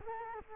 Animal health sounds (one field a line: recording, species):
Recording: mosquito wingbeat signal from an infrared sensor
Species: Culex quinquefasciatus